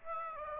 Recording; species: mosquito wingbeat signal from an infrared sensor; Aedes aegypti